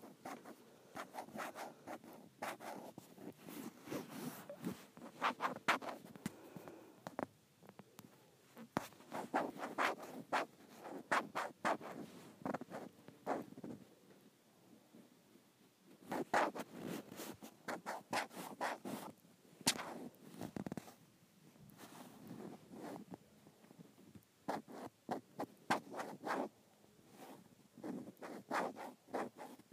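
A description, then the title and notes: Someone scrapes and scratches at an iPad case in quick, rough strokes that come in dense bursts, with short pauses near 7, 15 and 21 seconds. Each stroke is gritty and bright, with a raspy, zipper-like texture, and the rhythm stays uneven throughout. ASMR Scraping the Case of my iPad.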